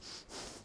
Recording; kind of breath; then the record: one breath in and out by a microphone near the nose and mouth; strong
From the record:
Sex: male